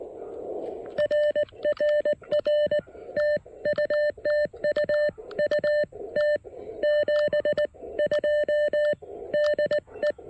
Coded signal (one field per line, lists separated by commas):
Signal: Morse code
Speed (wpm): 19 wpm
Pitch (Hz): 590 Hz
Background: none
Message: RRR TU TU UT 72 DE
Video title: Pairing the Elecraft KX1 and PackTenna 20M EFHW at South Mountains State Park!